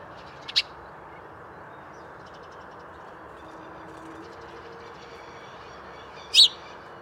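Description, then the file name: House sparrow chirps, one sharp note near the start and a louder chirp near the end, with faint twittering between over a steady low rumble. "Passer domesticus"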